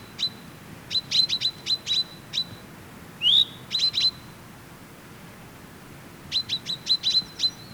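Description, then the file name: Common chaffinch giving sharp, metallic pink calls in quick bursts of several notes, with a brief rising slurred note midway and a pause before a final run. "Fringilla coelebs"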